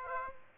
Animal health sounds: mosquito wingbeat signal from an infrared sensor; Aedes aegypti

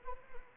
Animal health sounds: mosquito wingbeat signal from an infrared sensor; Anopheles arabiensis

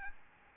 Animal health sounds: mosquito wingbeat signal from an infrared sensor; Aedes albopictus

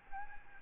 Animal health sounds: mosquito wingbeat signal from an infrared sensor; Aedes albopictus

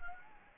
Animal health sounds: mosquito wingbeat signal from an infrared sensor; Anopheles gambiae

